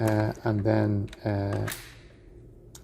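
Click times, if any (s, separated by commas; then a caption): 2.8 s. A tablet tray is put back onto its wheelchair mounting clamp one-handed, first clamped at the front end and then pushed down, while someone talks. A single sharp click is heard at 2.8 s as the tray seats in place.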